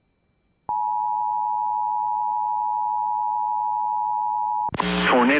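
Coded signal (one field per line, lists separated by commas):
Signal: Emergency Alert System (SAME) tones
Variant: 853 and 960 Hz attention tone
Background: speech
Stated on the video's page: Alerts mostly captured from an IP-based EAS relay station.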